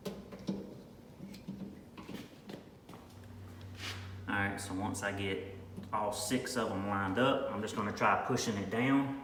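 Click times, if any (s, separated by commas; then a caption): none. A window trim molding, an Integra part fitted to a Prelude, is held up while its six plastic clips are lined up with the holes in the car body, making light handling taps and rustles as someone talks. Nothing has clicked or seated yet; the molding has not been pushed down.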